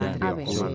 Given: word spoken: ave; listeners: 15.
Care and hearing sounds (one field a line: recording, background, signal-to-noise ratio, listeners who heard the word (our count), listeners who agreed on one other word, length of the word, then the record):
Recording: one Spanish word in noise, from a listening test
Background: four-talker babble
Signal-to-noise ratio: 0.4 dB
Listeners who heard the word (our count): 2 of 15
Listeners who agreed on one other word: 12 of 15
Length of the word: 0.35 s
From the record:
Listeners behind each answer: 12, 2, 1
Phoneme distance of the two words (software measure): 7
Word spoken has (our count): 2 syllables, 3 phonemes, stress on syllable 1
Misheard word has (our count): 2 syllables, 4 phonemes, stress on syllable 1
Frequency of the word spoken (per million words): 16.89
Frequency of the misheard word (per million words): 21.48